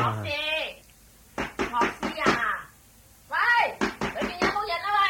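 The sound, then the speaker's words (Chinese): Two bursts of sharp, rapid knocking on a wooden door, each a quick run of several loud raps, with a voice calling out in Cantonese 'Coming! Who is it?' at the start and again over the second burst. “嚟啦嚟啦嚟啦嚟啦！边个啊？”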